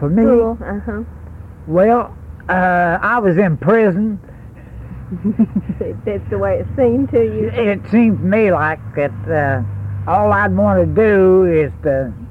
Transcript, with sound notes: School, uh-huh.
Well, I was in prison.
[Laughs] That’s the way it seemed to you?
It seemed to me like all I would want to do was to